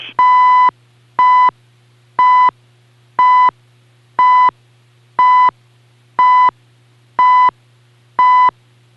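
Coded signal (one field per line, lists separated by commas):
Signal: radio time signal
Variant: CHU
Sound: nine crisp 1 kHz beeps, one per second, the first slightly longer, over faint hum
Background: low mains hum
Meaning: Each beep marks one second; the longer first pulse marks a minute's start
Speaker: and now the signal at 7.85 megahertz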